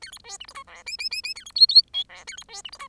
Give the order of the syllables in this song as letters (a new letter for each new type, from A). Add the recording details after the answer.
A B C D E F G H H H H A B I I J G A B C D E F. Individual Bird10